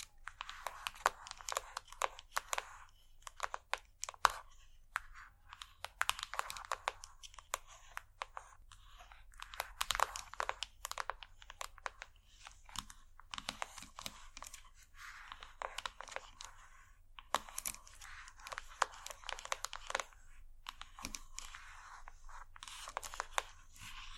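Scratchy tapping runs through the whole clip in dense, uneven bursts of crisp clicks and rasping scrapes, clustering into busier stretches around 6, 10 and 17 seconds. The sounds are bright and papery, with a faint low hum steady underneath.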